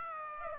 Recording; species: mosquito wingbeat signal from an infrared sensor; Aedes aegypti